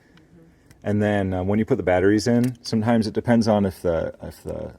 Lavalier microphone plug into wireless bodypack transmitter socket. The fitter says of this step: you try not to tangle it all up which they always do but then you just plug this into the top and it just clicks right in